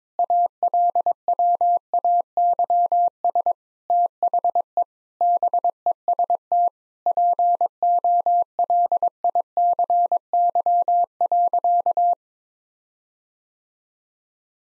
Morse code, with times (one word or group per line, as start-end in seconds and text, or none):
0.2-3.5 ALWAYS
3.9-4.8 THE
5.2-6.7 BEST
7.1-12.1 POLICY.